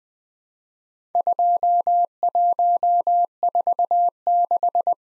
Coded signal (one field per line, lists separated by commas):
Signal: Morse code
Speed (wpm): 20 wpm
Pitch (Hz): 700 Hz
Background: none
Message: 2146